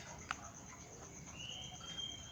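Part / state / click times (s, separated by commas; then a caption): auger bit in keyless drill chuck / seated / 0.3 s. A 10 mm auger bit is fitted into the one-hand keyless chuck of an 18 V brushless drill, and the chuck is tightened until it clicks. A single short, sharp click sounds at 0.3 s over a steady high background hiss, and the bit is locked firmly in the chuck.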